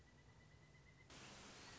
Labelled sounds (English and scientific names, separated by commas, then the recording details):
Pileated Woodpecker (Dryocopus pileatus)
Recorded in Sonoma County, California